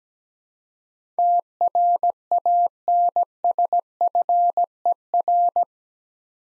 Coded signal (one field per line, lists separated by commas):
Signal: Morse code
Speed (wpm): 17 wpm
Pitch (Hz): 700 Hz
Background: none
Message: TRANSFER